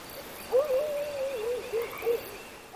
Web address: coyote